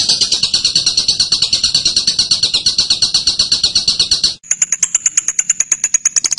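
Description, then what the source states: Bird song: a rapid buzzy chatter of repeated notes cuts suddenly to a sharper, higher series of quick chips. Masteran: a birdsong training recording.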